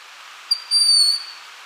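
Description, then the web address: Broad-winged Hawk call: a brief click, then a thin, high, level whistle. Ecuador. "Birds of Ecuador. Broad-winged Hawk"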